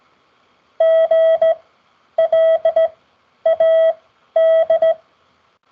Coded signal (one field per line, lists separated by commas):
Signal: Morse code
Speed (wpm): 17 wpm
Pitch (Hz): 650 Hz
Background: none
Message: GLAD